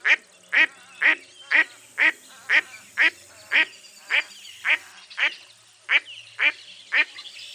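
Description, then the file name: Duck calling with evenly spaced, rasping quacks, around two per second. "zvuki glazchatoi kriakvy"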